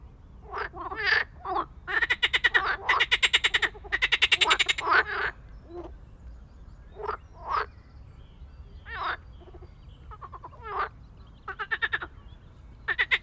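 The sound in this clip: Frog giving rattling pulsed croaks, some in longer trains and others as short single bursts, spaced irregularly with quiet pauses between them.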